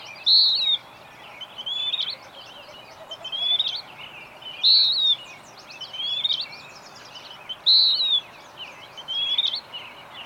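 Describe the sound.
Bird song of repeated high whistles, a loud clear phrase followed by a quieter one, cycling every few seconds, over steady hiss.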